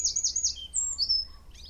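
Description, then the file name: Eurasian wren song fragment: three quick high looping notes, then thin whistles and a final twittered element, clear over faint low rumble. "Troglodytes troglodytes"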